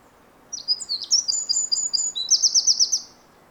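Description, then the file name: Eurasian wren song: quick high-pitched notes tumbling in fast succession, ending in a dry, rattling trill, all crowded into about two and a half seconds. "Troglodytes troglodytes"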